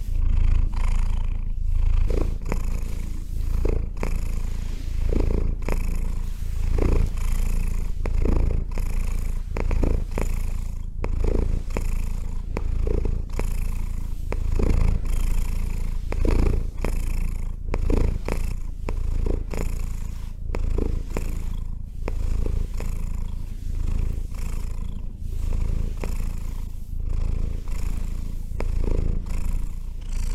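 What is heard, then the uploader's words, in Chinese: A small cat purrs, a steady low rumble that runs through the whole half minute without a break. The purr pulses in a regular rhythm of breaths, with brief soft rustles now and then. 喵～ 可可爱爱小喵咪。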